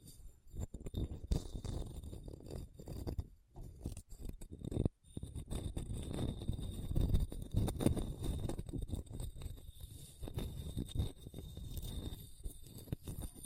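Rough scratching over a hard, bumpy surface goes on almost without pause, mostly low and gritty with a scrappy, uneven rhythm. Brief gaps near 3.5 and 5 seconds break the flow, and a faint thin whine sits steadily above it throughout.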